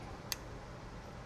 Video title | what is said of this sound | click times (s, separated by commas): Solid Mount for the Trails – Installing the Tackform Traxx-Fast in My Canyon | And same thing as the other, it locks into place so you can feel it stop when you get it tight. | 0.3 s